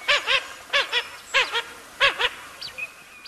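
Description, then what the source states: Blue-winged Teal calls, paired nasal rising-falling notes repeated in quick doublets, with a few thinner high squeaks at the end. Pairs form during the winter and migrate together in spring to a nesting area, often where the female was born.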